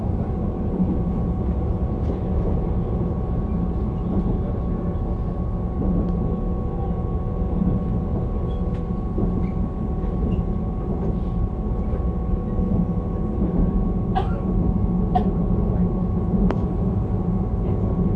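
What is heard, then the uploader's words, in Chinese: A northbound local commuter train from Taoyuan rolls along with a steady, dense low rumble that stays even throughout. Faint hums and tones run underneath, and a few brief sharp clicks or squeaks break through, most noticeably around fourteen to seventeen seconds. 深夜十點桃園北上區間車。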